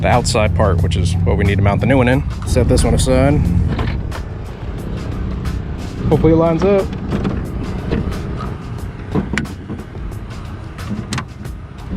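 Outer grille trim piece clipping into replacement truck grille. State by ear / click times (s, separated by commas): seated / 9.4 s, 11.1 s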